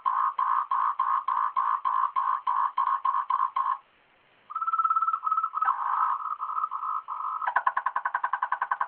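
Frog calling in fast trains of pulsed notes at one steady pitch, a brief pause, then a smoother, more tonal stretch ending in rapid pulses.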